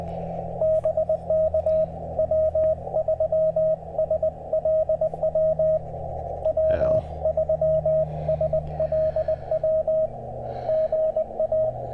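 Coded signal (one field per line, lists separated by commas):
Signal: Morse code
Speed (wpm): 20 wpm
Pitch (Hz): 630 Hz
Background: radio noise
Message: BK W3SLW W3SLW GA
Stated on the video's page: QRP CW Parks on the Air activation at a state historic site, made on a backup radio after cabling for the new TR-35 was forgotten.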